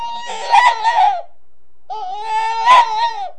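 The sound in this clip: Rabbit cries: two high, wavering, nasal wails, each just over a second long, split by a short silent gap.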